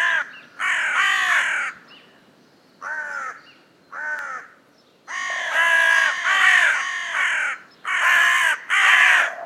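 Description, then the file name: Carrion crow cawing repeatedly, loud grating calls singly and in bursts of several, with brief pauses between groups. "Corvus corone"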